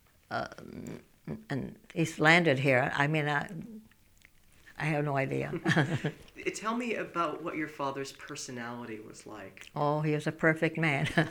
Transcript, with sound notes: and he landed here. I mean, I have no idea. ( she laughs )
Tell me about what your father's personality was like.
Oh, he was as perfect man.